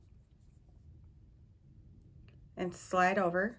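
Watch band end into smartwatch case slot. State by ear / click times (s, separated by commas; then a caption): not seated / none. The end of an Apple Watch compatible band is lined up at the slot of a smartwatch case, ready to be slid over, and it has not clicked into place yet. A quiet, low background hum fills the first 2.5 seconds, then someone talks until the end.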